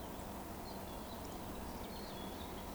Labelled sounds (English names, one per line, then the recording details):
Eurasian Woodcock whistle
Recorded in Baden-Württemberg, Germany, on 12 June 2020 at 19:18 UTC
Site 14569, 102 m above sea level